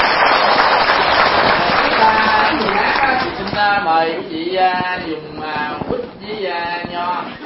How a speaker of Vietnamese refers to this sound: Xin cho anh chàng pháo tay.